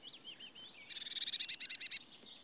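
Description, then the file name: Eurasian blue tit call: a few thin high notes, then a fast buzzy churr of many rapid pulses lasting about one second. "Cyanistes caeruleus"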